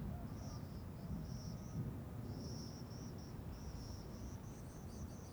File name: Trovoes com grilos e canto de sapos agudos